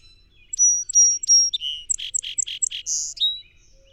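Song sparrow song: three clear whistled notes, a lower buzzy note, a run of rapid buzzy chips, then a high buzz and a final falling note.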